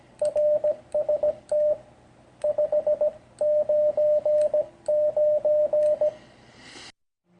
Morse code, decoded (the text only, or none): RST 599